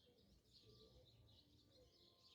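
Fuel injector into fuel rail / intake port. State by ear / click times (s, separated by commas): not seated / none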